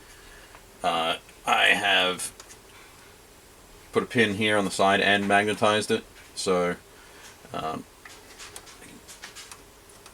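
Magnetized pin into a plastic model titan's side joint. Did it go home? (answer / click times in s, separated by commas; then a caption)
yes / 8.6 s. A magnetized pin on the side of a large plastic model titan is pushed into its side joint hole while someone talks. The magnets snap together with a sharp click at 8.6 s, and the pin is seated.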